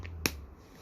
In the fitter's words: Oh, it clicks into place.